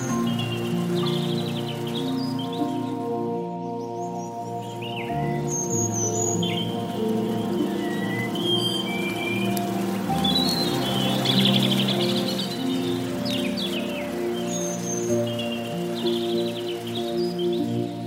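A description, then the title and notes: Soft, sustained piano chords ring low and warm, shifting to a new chord roughly every five seconds. Bright bird chirps flicker high above throughout, over a faint, steady rustle like gently moving water. The level stays even from start to finish. Soothing piano & soft water sounds.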